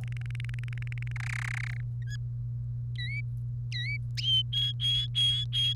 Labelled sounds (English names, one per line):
Domestic Canary song